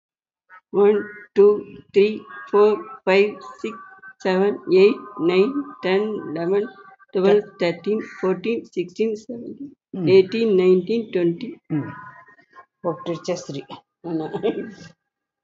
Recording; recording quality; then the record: counting at a normal pace; excellent, no background noise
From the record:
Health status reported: healthy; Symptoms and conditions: none ticked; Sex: female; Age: 59 years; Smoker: not ticked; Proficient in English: no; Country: India